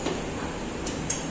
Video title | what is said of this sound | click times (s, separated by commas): Folding Dining Table Assembly | ये drum को screw driver से क्लॉकवाइज हल्का सा घुमाना है, इससे वो लॉक हो जाएगा। | 1.1 s